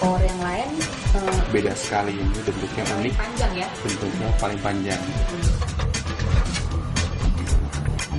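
A long, uniquely shaped CPU power cable plug is handled near its motherboard socket beside the processor while someone talks over continuous background music. Nothing has seated or clicked yet by the end of the clip.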